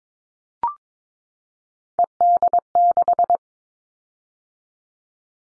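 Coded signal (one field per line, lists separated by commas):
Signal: Morse code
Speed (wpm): 22 wpm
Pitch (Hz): 700 Hz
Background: none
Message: ED6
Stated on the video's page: Morse practice drill of common callsign prefixes for top 50 DXCC entities at 22 wpm, each sent twice for head-copy training.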